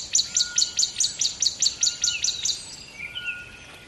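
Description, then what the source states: Bird calls as a quick run of bright, high chirps, then fading into softer bird notes. Close bird at dawn beside a river in the bush.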